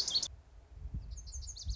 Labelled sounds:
Lazuli Bunting (Passerina amoena)
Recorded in Sonoma County, California

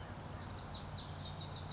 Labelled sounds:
Lazuli Bunting (Passerina amoena)
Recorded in Sonoma County, California

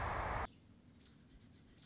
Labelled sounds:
American Robin (Turdus migratorius)
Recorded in Sonoma County, California

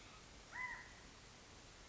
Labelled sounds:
California Quail (Callipepla californica)
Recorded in Sonoma County, California

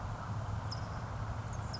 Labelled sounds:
California Towhee (Melozone crissalis)
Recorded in Sonoma County, California

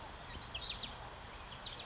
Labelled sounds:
California Towhee (Melozone crissalis)
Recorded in Sonoma County, California

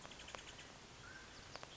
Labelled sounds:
Mountain Quail (Oreortyx pictus)
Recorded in Sonoma County, California

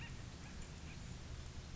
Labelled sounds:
Acorn Woodpecker (Melanerpes formicivorus)
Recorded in Sonoma County, California

